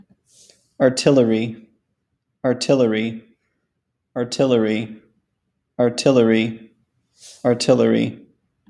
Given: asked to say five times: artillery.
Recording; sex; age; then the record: repeated word; male; 40 to 49 years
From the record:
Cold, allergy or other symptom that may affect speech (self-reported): no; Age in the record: 43 years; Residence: Alabama, United States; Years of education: 16